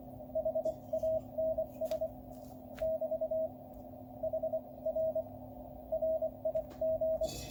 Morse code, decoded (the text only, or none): HANS <BT> HR RIG